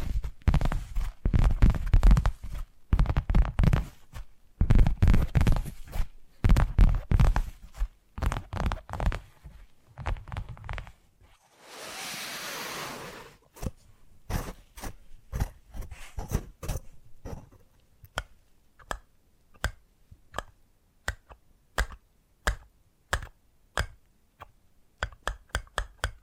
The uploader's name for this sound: Addictive Tapping Triggers